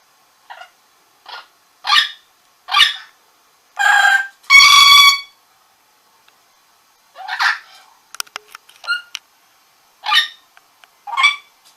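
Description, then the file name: Orange-winged amazon squawking in a loose series of harsh, harmonic calls, building to a long loud rasp, then after a pause more clipped squawks and clicks. "venesuelskii amazon"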